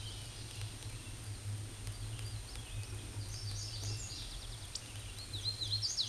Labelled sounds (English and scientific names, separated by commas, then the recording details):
Hooded Warbler (Setophaga citrina) song
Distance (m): 30 m
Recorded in a Pennsylvania forest on 18 May 2023 at 08:46
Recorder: AudioMoth, point grid1_31_low
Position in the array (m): 147 m, 120 m